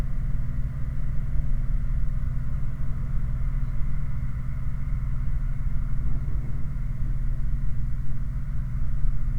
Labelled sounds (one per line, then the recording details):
machinery
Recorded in the Prudhoe Bay oil fields, Alaska, on 9 August 2019 at 23:40
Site 29